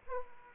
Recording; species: mosquito wingbeat signal from an infrared sensor; Aedes aegypti